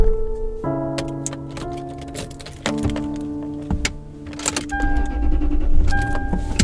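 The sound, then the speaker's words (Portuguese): A police car's engine starts on the first try and the car pulls away, accelerating. Its steady humming tones shift in pitch in several distinct steps, with scattered sharp clicks and rattles over the drone and no voices. “O motor respondeu de primeira e ela saiu.”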